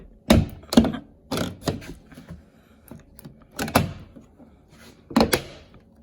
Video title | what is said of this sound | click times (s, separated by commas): How to Change Out Light Switches | put the cover plate on and it snaps in place and sometimes they are a little tricky there | 0.3 s, 0.7 s, 3.8 s, 5.2 s, 5.3 s